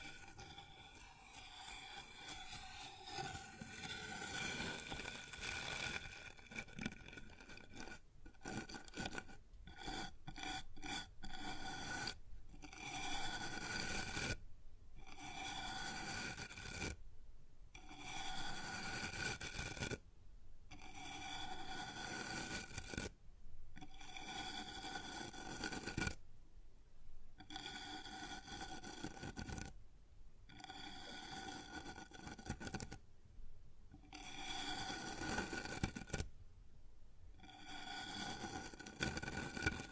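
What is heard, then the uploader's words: Scraping and rubbing on a wooden surface, a dense, gritty rasp that fills the whole clip. After the first few seconds it breaks into strokes: a quick flurry of short stops around eight to twelve seconds, then steady passes with brief pauses every three seconds or so. ASMR Sounds on Wooden Surface (No Talking).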